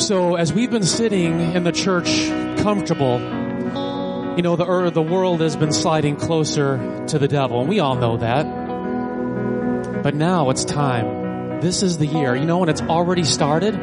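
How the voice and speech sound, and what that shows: One adult speaks fluently in an energetic preaching style, with clear articulation over steady background music.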